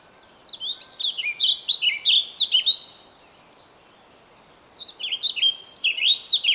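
Bird song: a lively phrase of rapid, looping whistled notes about two seconds long, a quiet pause, then another phrase starting.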